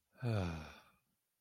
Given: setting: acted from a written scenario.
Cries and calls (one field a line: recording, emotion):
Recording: vocal sound without words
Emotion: contentment